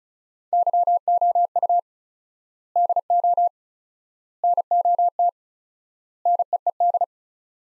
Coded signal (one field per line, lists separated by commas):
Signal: Morse code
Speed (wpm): 36 wpm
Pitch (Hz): 700 Hz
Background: none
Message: YOU DO NOT NEED